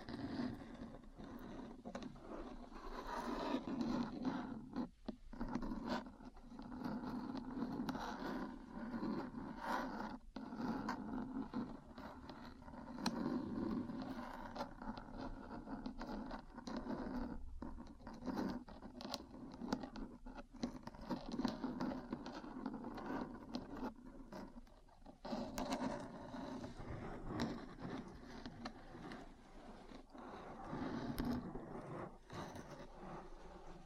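Metal parts scratch and tap continuously, a dense, gritty grinding with a steady low hum and brief sharp breaks every few seconds.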